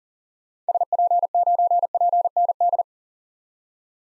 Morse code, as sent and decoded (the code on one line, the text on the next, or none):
... .--. ----. .--. -. -..
SP9PND